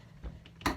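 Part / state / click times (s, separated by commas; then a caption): click-type torque wrench spring breakaway mechanism / torque reached / 0.7 s. A click-type torque wrench is pulled to demonstrate its spring breakaway mechanism. Two faint ticks near 0.5 and 0.6 seconds come before the sharp metal breakaway click at 0.7 seconds, which shows the set torque has been reached.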